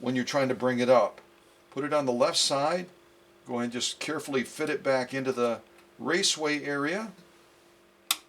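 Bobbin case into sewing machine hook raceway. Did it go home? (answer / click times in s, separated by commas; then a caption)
yes / 8.1 s. Someone talks while the bobbin case of a vintage Kenmore sewing machine is carefully fitted back into the hook raceway, with the thread kept on the left side of the finger so it doesn't get caught when bringing it up. At 8.1 s the bobbin case seats with a single sharp, bright snap.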